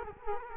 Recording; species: mosquito wingbeat signal from an infrared sensor; Culex quinquefasciatus